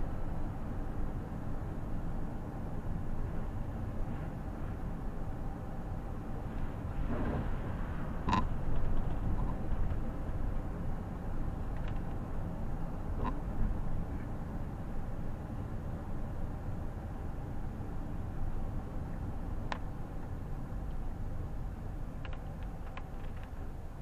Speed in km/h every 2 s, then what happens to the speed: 27, 27, 25, 26, 27, 28, 25, 25, 24, 23, 19, 13.
0-17 steady at about 26. 17-24 slows to 13.